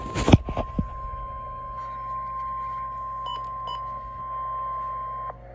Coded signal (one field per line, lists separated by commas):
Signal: Emergency Alert System (SAME) tones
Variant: 1050 Hz attention tone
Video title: Severe Thunderstorm Warning EAS#709 KPBX-FM